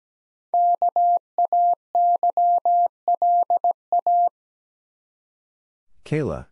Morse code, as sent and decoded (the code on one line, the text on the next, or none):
-.- .- -.-- .-.. .-
KAYLA